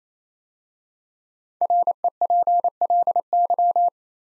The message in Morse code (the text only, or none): REPLY